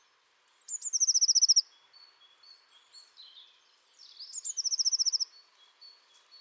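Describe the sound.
Bird calls twice in a thin, high trill of fast, even notes after a sharp upward start. Steady hiss sits underneath.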